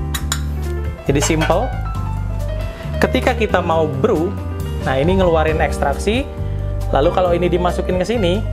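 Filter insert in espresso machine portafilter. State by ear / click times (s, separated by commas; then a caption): released / 0.2 s, 0.3 s. A filter insert in the portafilter of a DeLonghi ECP 31.21 espresso machine is held in place and then taken out. It releases with a click, followed by two sharp metallic hits at about 0.2 and 0.3 seconds. Someone talks over background music while the part comes loose.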